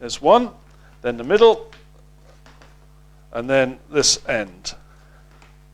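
Someone talks while fitting the second end of a face visor onto the headgear mount of a forestry helmet, with only faint handling ticks around 2.5 s and 5.4 s between the words. Nothing has seated or clicked yet; the visor end is still being handled and has not snapped home.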